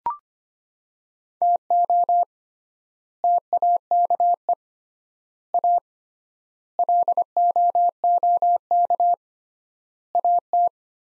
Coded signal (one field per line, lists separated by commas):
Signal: Morse code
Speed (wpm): 25 wpm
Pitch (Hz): 700 Hz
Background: none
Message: TO TAKE A LOOK AT